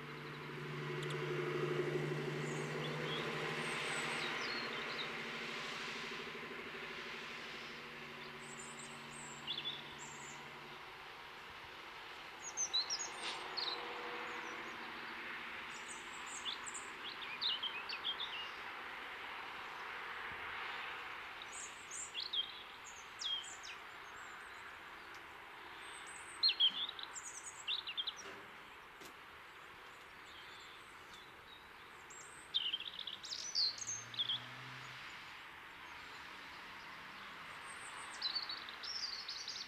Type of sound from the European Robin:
song